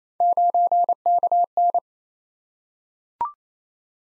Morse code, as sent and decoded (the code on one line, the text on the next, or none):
----. -.- -.
9KN